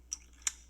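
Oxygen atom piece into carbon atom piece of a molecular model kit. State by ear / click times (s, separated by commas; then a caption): seated / 0.1 s, 0.5 s. A Snatoms magnetic oxygen atom piece is joined to a carbon atom piece of a molecular model kit with a double bond to build cyclopentanone. Two sharp, bright clicks ring out at 0.1 s and 0.5 s as the magnetic pieces snap together. The oxygen locks into place on the carbon with no free rotation.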